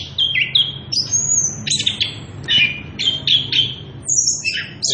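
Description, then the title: Orange-headed thrush sings short whistled and chirping phrases, slurred up and down, in a lively, uneven sequence over a faint hum. Energetic continuous singing (ngerol) at high volume, used as a lure and training recording for young birds (trotolan). "Anis Kembang Gacor. pancingan anis kembang ngerol edan volume dasyattt cocok buat masteran trotolan"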